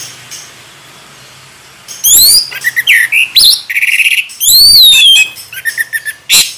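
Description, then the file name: Orange-headed thrush song: loud bursts of high, clear whistled and sweeping phrases in quick runs after a quiet start. Ngeplong song style, singing vigorously (gacor). "anis merah gacor ngeplong"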